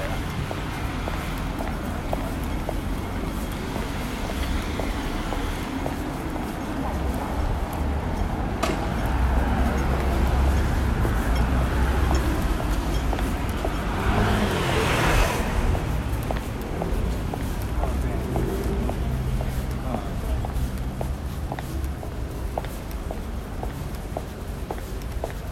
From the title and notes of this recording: This is how it sounds when walking on Bonham Road, High Street, Hong Kong on a rather windy day.